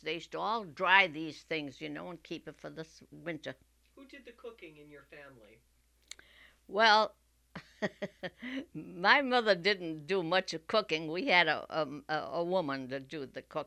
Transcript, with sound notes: They used to all dry these things, you know, and keep it in the winter.
Who did the cooking in your family?
Well... ( she laughs ) My mother didn't do much cooking. We had a woman to do the cooking.